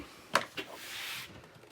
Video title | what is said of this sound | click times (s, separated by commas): Flymo PowerVac 3000 review and users guide #gardening | and what i'm trying to do you see is make sure that that's clipped in locked into there as well | 0.4 s